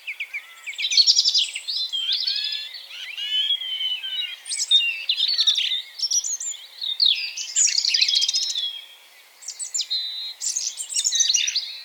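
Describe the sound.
Bird chorus of bright twittering and warbled phrases, several singers overlapping, with short trilled bursts and a brief lull near the end.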